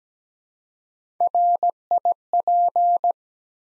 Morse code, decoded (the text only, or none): RIP